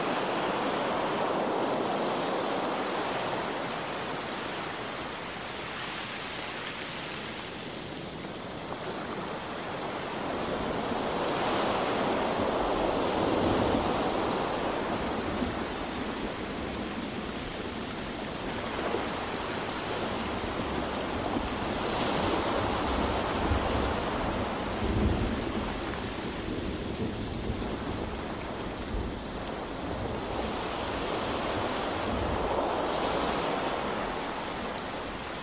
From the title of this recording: Rain And Thunder Sound With Ocean Waves